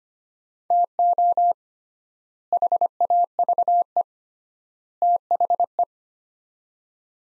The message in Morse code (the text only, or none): TO HAVE THE